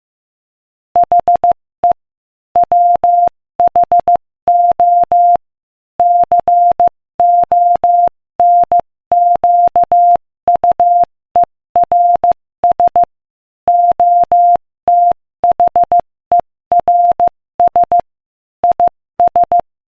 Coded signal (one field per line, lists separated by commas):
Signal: Morse code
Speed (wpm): 15 wpm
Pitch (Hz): 700 Hz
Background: none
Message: HE WHO CONQUERS OTHERS IS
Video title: Morse Code Practice: 15 wpm Inspirational Quote 1